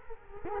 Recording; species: mosquito wingbeat signal from an infrared sensor; Culex quinquefasciatus